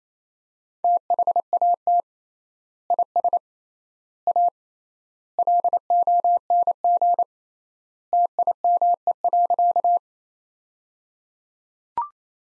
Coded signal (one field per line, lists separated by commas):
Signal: Morse code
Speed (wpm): 28 wpm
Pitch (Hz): 700 Hz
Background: none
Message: THAT IS A LONG TIME.